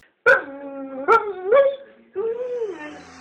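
President Milei's mastiffs barking: four loud, sharp barks in an uneven sequence, each trailing into a drawn-out, whiny tone. The last is a longer, howl-like bark that slides down in pitch.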